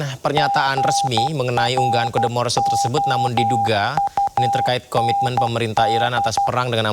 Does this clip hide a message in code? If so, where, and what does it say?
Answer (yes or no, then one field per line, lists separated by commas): yes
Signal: Morse code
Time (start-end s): 0.4-6.5 s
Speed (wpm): 12 wpm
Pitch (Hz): 800 Hz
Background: speech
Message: GROUND